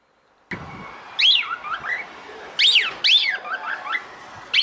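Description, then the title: Cockatiel whistles: a few sweeping, wavering notes with softer trailing tones after a sudden click-like onset, over noticeable background noise. Song intended for training cockatiels. "Canto De 1 Hora Para Treinar Calopsita"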